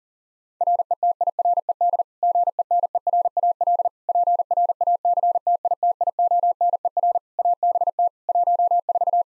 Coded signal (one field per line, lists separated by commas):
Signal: Morse code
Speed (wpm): 40 wpm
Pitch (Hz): 700 Hz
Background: none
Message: RETIRED GENERAL PRACTITIONER ABT 14